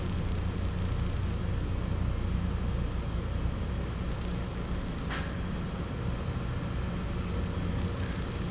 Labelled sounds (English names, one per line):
none